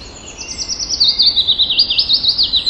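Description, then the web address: Willow warbler song, a bright run of quick, sweet notes falling slightly in pitch. Recorded on 29 April 2011. "wroblowe kontra piecuszek 29 04 2011"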